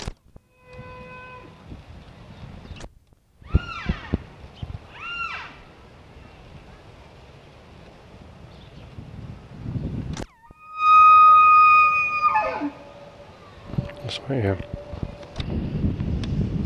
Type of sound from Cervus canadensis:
call